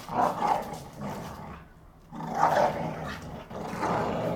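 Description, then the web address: American Pit Bull Terrier: pit bull growls in drawn-out rough snarls, several swelling bouts separated by quieter stretches, harsh and rumbling. Two pit bulls fighting. "NS Studios - ultra sound collection animals dogs - Pit bull Tessa Pit bull Bahko"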